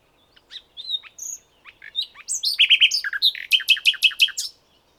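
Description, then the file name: Common nightingale song phrase, varied whistles and buzzy notes building to a rapid series of loud repeated chirps near the end. "Luscinia megarhynchos"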